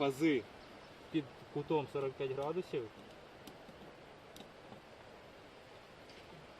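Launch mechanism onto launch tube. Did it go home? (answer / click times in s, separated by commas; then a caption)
no / none. Someone talks for about the first three seconds while a launch mechanism is lined up by hand with the slots of a launch tube at a 45° angle and moved along them. After that there is only low steady noise with two faint brief ticks near 3.5 and 4.4 seconds. Nothing has latched or clicked into place yet.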